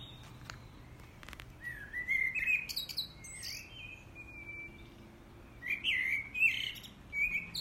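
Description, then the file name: Common blackbird giving two fluty warbled phrases separated by a pause, each ending in thin high twittering, with faint clicks at the start. "Turdus merula"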